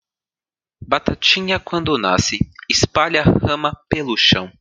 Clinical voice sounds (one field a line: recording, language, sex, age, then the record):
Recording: short text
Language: Brazilian Portuguese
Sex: male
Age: 20 to 29 years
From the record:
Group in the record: control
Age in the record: 24 years